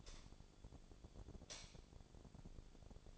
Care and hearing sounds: daily activity, microphone in the room; light on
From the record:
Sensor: 5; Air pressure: 1009.9 hPa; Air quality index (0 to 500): 158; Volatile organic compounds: 4 ppm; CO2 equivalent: 1539 ppm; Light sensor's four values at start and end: 191/483/200/215 and 190/483/200/215

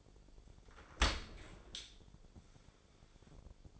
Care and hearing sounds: daily activity, microphone in the room; open dishwasher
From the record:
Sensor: 5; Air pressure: 1006.8 hPa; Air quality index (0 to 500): 184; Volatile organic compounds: 5 ppm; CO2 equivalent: 1754 ppm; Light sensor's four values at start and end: 52/144/57/57 and 52/144/56/56

